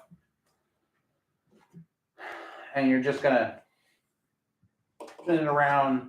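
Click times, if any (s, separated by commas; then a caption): none. A PTFE filament tube is handled and readied before being pushed into a 3D printer's filament feeder port, with a few faint handling noises under someone talking. A brief sharp sound occurs at 5.0 s, but the tube has not seated or clicked yet; this is only handling.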